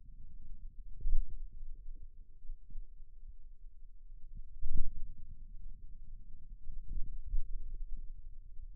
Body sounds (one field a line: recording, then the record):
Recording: forearm muscle sounds (acoustic myography)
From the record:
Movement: pen grasping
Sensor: system 2, bracelet of six BSWA MPA416 microphones around the upper forearm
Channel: 6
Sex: male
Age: 22 years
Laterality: right